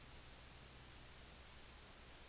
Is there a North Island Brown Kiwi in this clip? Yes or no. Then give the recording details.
no. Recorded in New Zealand on 10 November 2013. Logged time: 02:19